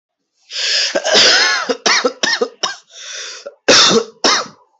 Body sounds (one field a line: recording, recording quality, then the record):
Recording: heavy voluntary cough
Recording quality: excellent, no background noise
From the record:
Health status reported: healthy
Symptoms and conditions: none ticked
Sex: male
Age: 23 years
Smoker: not ticked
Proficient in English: yes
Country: India